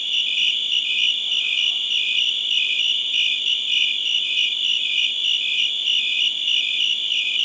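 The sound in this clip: Cricket chirps pulse steadily throughout over a constant high ringing tone.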